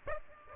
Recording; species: mosquito wingbeat signal from an infrared sensor; Aedes aegypti